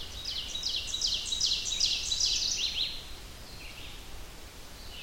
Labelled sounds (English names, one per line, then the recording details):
Ovenbird song
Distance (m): 20 m
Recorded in boreal forest in Alberta, Canada, on 30 June 2016 at 05:21
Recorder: SongMeter 3, array SBT-6-79
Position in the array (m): 160 m, 53 m
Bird 43